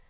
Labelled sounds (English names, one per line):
Lucy's Warbler flight call